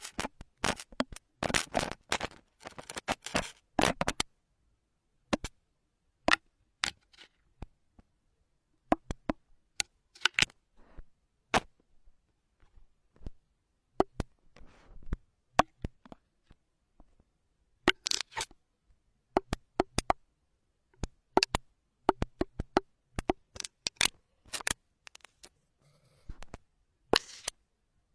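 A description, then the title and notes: Hair picking: sharp, crisp snips and clicks. A dense flurry fills the first four seconds, then the clicks come in scattered clusters with short silent gaps, picking up again in quick runs toward the end. Pure hair picking, delicate and different tingling comfort, electric-like feeling.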